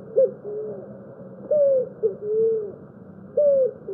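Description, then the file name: Picazuro pigeon song: low hooting coos, some arched and drawn out, repeated with brief pauses between. "canto do pombao"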